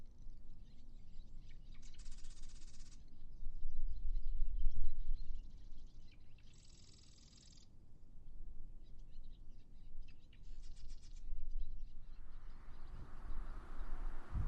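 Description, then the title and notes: Terns giving rasping, buzzy chatter in several bursts a few seconds apart, over a steady deep roar. Terns carrying fish. "Terns with fish. The Macauley Library at the Cornell Lab of Ornithology, Ithaca, New York"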